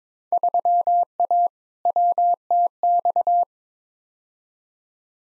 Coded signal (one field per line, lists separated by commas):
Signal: Morse code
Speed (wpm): 22 wpm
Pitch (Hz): 700 Hz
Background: none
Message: 3A WTX